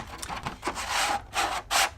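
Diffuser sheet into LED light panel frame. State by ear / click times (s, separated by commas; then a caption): not seated / none. A soft-box diffuser sheet is slid along its grooves into the frame of a Neewer 960 LED light panel, making rubbing and sliding sounds with brief ticks near 0.2 and 0.5 seconds and louder sliding bursts toward the end. Nothing has seated or clicked yet; the locking tab has not been popped up.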